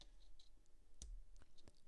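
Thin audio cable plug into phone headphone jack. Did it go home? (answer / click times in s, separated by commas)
yes / 1.0 s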